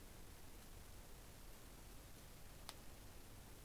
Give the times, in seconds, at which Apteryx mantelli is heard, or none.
none